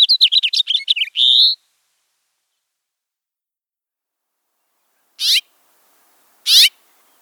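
Finch twittering: a quick burst of chirps closing with a buzzy note, followed by silence and two short harsh rasping calls.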